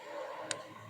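A new wiper blade is pushed onto a pin-type wiper arm through both holes until it reaches the stop. A single sharp click sounds at 0.5 seconds against a steady low background hum. The blade is seated and secured on the arm.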